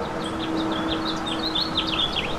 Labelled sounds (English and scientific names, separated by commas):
House Finch (Haemorhous mexicanus) song